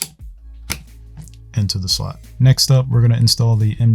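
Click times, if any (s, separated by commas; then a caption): 0.0 s, 0.7 s. A second memory stick, already lined up, is pushed down into a motherboard DIMM slot, and two sharp clicks at 0.0 s and 0.7 s mark the slot levers snapping over each end as it seats. Fainter ticks follow around 1.3 s, then someone talks over quiet background music.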